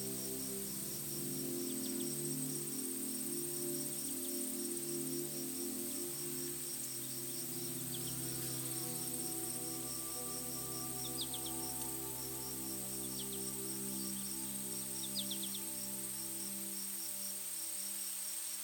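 Calm music of long, held low chords drifts slowly beneath forest sounds. A steady high chirring of rapid, evenly spaced calls runs throughout, and brief bird chirps break through around the eleventh and fifteenth seconds. The overall level stays even.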